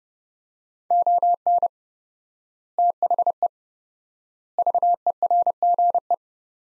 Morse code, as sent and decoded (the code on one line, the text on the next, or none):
--- -. / - .... . / ...- . .-. --. .
ON THE VERGE